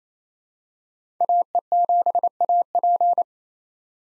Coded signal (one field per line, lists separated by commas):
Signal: Morse code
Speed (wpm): 28 wpm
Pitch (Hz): 700 Hz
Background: none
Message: AE7AP